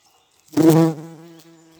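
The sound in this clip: Bumblebee flight buzz, a low, rich droning hum that swells suddenly and loudly, then settles into a steadier, quieter drone for the rest.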